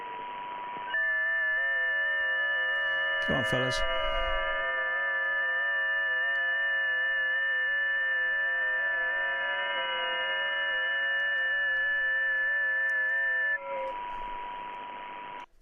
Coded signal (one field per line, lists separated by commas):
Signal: FT8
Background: speech